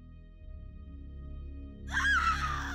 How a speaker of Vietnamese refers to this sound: Đã 3 ngày trôi qua, ngày nào người ta cũng nghe thấy tiếng của Hương la hét đầy hoảng sợ.